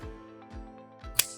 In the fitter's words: and push down until you hear a click.